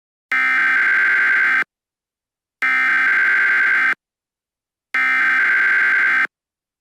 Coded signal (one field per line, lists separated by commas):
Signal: Emergency Alert System (SAME) tones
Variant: header bursts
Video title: EAS Scenario - Virus Scenario Part 2